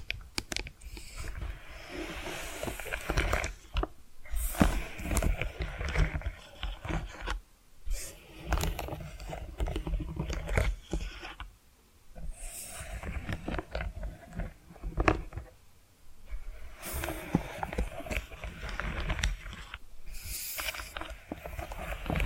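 Tapping and scratching sounds run almost without pause, a dense texture of quick, irregular scrapes and light taps with a bright, crisp edge. Brief near-silent gaps fall around 7.5, 12 and 16 seconds, and sharper bursts flare near 4, 15 and 17 seconds.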